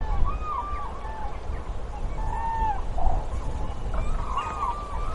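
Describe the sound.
Common crane calling, several trumpeting rolled notes spread throughout over steady low wind noise.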